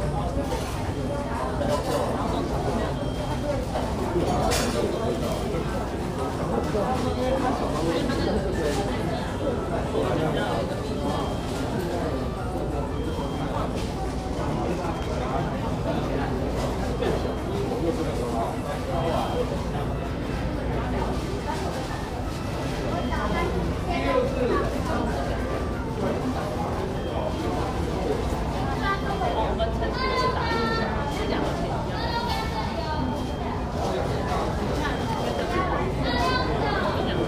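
A crowd of voices talks at once throughout, a dense, steady babble with no single speaker standing out. A low hum sits underneath the whole time, and a few brighter chirps or clinks poke through around the thirty-second mark.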